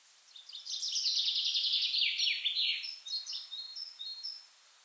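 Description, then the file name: Common chaffinch song: a bright trill that tumbles downward and ends in a quick flourish, followed by several short, high whistled notes. "Fringilla coelebs"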